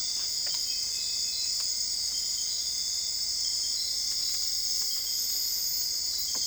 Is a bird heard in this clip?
no